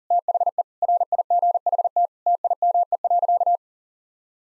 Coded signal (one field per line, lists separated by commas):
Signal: Morse code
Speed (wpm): 40 wpm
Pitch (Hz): 700 Hz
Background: none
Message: THE RIGHT TIME.